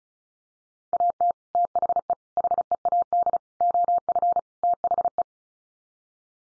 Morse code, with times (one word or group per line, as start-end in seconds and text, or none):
0.9-1.3 AT
1.6-2.1 THE
2.4-3.4 HEAD
3.6-4.4 OF
4.6-5.2 THE